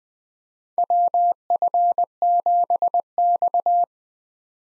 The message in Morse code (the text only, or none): WF7X